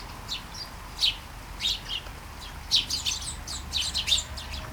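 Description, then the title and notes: Sparrows chirping sparsely, single sharp chirps and short clusters at irregular intervals, over quiet steady hiss. Flying sparrows in a garden, early morning, during light shower, Taastrup, Denmark; recorded with Sony PCM-D100 internal mics. "Kærengen 8, 2630 Taastrup, Denmark - Flying sparrows. Flying sparrows in the garden, early morning. Light shower. Vols de moineaux dans le jardin, au petit matin. Pluie fine"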